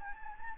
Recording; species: mosquito wingbeat signal from an infrared sensor; Anopheles gambiae